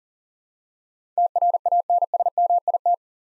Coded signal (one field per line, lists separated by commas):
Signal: Morse code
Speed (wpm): 40 wpm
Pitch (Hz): 700 Hz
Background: none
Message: TRANSMIT